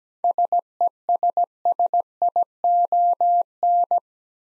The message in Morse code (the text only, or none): SESSION